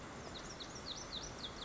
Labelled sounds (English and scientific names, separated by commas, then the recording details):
Lazuli Bunting (Passerina amoena)
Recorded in Sonoma County, California